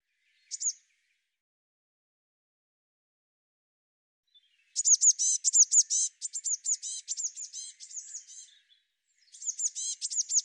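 Eurasian blue tit calls: a single high note, then a long burst of rapid, thin, very high chattering notes, with a short gap before a final burst.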